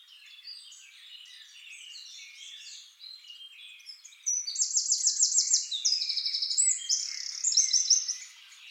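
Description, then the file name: Eurasian wren song: faint scratchy twittering at first, then a sudden loud run of rapid, piercing trills and bright notes. "Troglodytes troglodytes"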